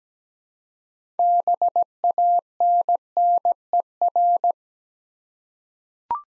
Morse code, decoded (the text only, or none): BANNER